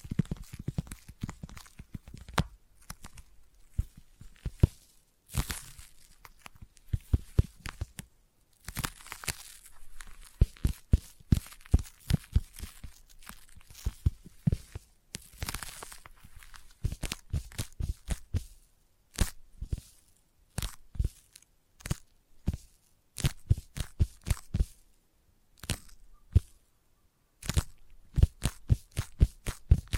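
Sticky tapping fills the whole stretch. Quick, sharp taps come in dense bursts, each with a low thud and a bright, tacky peel, and brief pauses fall between runs. Around 5 and 8 seconds, longer tearing, crinkly sounds stand out.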